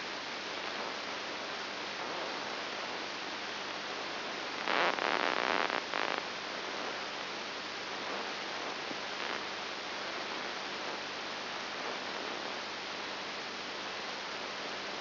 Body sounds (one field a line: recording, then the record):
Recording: brain microelectrode recording played as sound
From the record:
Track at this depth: inside the subthalamic nucleus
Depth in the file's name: 4.901 mm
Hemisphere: left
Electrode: 3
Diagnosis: Parkinson's disease